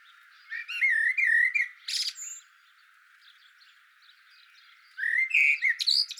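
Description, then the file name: Eurasian blackbird giving a warbled phrase of whistled, slurred notes with a sharp high squeak, a pause of a few seconds, then another similar phrase. "Turdus merula"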